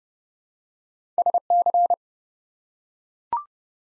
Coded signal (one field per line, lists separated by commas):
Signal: Morse code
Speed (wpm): 30 wpm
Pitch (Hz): 700 Hz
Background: none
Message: SC